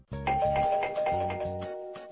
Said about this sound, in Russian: Однако звонить не пришлось. Раздался звонок в дверь.